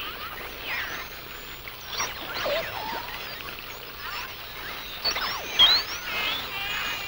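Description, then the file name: Humpback whale song: varied squeals, rising whistles and descending groans follow one another irregularly, with a louder squeal near the end over steady background hiss. "Sounds of Nature - Humpback Whales"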